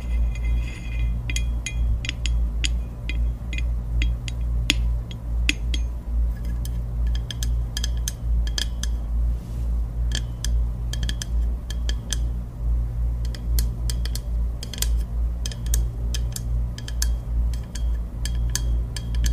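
Long fingernails tap and scratch on hard objects, making quick, bright clicks that come in irregular bursts. The taps are denser near the start and again from about twelve seconds on. A steady low hum runs beneath the whole clip.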